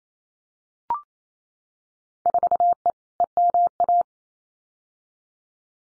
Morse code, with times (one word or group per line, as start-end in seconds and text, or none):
2.3-2.9 4E
3.2-4.0 EMA